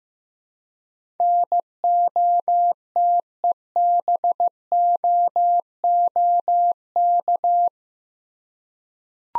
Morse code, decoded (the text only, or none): NOTEBOOK